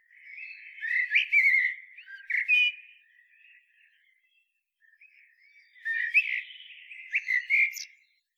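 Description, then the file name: Common blackbird: rich whistled warbling with sharp high squeaks, two phrases split by a short pause. "Turdus merula"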